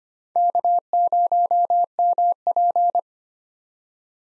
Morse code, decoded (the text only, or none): K0MP